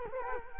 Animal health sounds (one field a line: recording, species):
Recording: mosquito wingbeat signal from an infrared sensor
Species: Culex quinquefasciatus